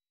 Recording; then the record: hydrophone in a shrimp aquaculture tank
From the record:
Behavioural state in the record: weakened